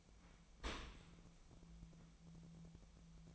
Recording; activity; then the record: daily activity, microphone in the room; open dishwasher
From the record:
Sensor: 1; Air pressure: 1003.1 hPa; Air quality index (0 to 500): 198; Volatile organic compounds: 6 ppm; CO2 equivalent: 1888 ppm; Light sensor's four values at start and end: 29/71/30/37 and 29/71/30/37